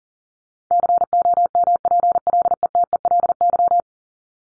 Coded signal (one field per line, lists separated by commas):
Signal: Morse code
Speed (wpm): 38 wpm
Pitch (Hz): 700 Hz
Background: none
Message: COMPLETELY